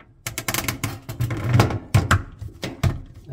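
While reassembling a KitchenAid dishwasher after cleaning the screen because it was making noise, a plastic water supply tube is pushed in from the side into its fitting on the pump assembly. A string of sharp plastic knocks and rattles starts at about 0.3 s, and the loudest hit at 2.1 s is the tube snapping into place. The tube is seated.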